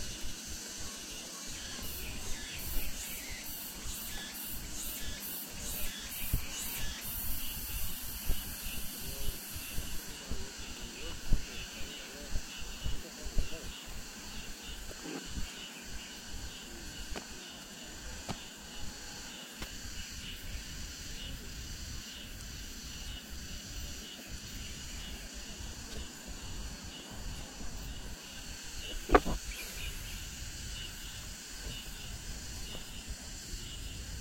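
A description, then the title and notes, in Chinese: Cicadas sing after the rain in a steady, high, shimmering drone that lasts the whole clip. For the first ten seconds a very high call pulses rapidly, then settles into an even hiss. A low murmur runs underneath, and a sharp click sounds near 29 seconds. 坐落在南京紫金山独龙阜玩珠峰下，东毗中山陵，南临梅花山。南京明孝陵的雨后蝉鸣。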